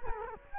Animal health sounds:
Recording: mosquito wingbeat signal from an infrared sensor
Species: Culex quinquefasciatus

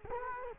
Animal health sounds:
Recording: mosquito wingbeat signal from an infrared sensor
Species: Culex quinquefasciatus

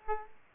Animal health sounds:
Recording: mosquito wingbeat signal from an infrared sensor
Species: Aedes aegypti

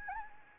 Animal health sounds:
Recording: mosquito wingbeat signal from an infrared sensor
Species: Anopheles gambiae

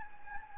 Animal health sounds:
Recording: mosquito wingbeat signal from an infrared sensor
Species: Anopheles gambiae

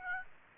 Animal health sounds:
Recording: mosquito wingbeat signal from an infrared sensor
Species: Aedes aegypti

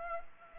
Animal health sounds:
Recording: mosquito wingbeat signal from an infrared sensor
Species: Culex pipiens

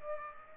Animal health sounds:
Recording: mosquito wingbeat signal from an infrared sensor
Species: Aedes aegypti

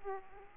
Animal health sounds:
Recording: mosquito wingbeat signal from an infrared sensor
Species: Aedes aegypti

